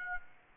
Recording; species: mosquito wingbeat signal from an infrared sensor; Aedes aegypti